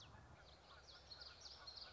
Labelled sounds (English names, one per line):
Common Yellowthroat